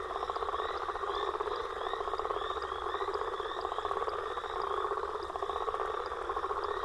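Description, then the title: Dense chorus of frogs and toads, pulsing trills and croaks overlapping constantly, with repeated short chirps higher up. Frog and toad chorus recorded after a storm. "Frog And Toad Chorus Post Storm With Thunder"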